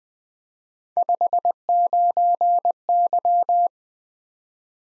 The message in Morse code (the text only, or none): 59Y